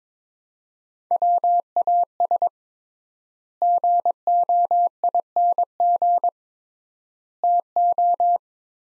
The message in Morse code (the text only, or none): WAS GOING TO